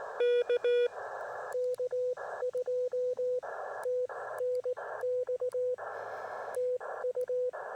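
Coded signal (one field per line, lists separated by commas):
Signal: Morse code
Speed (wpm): 18 wpm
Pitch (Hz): 500 Hz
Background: radio noise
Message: K K2 TNX TU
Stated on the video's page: POTA CW activation, QRP portable, likely Penntek rig with Bioenno battery and end-fed half-wave antenna.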